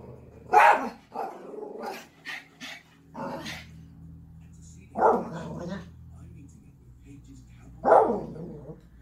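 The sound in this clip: Spitz dog: spitz barking: sharp, loud barks at the start, near five seconds and near eight seconds, with softer grumbling and shorter yaps between them.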